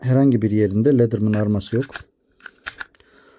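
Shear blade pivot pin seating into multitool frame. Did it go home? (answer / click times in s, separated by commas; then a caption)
partly / 2.7 s, 2.8 s. Someone talks, then the metal blades of a replica Leatherman Raptor trauma-shears multitool are folded and seated, giving sharp clicks at 2.7 s and 2.8 s. The shear blade pivot pin does not sit fully home in the frame when closed this way, and there is friction where it opens and closes.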